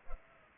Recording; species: mosquito wingbeat signal from an infrared sensor; Culex pipiens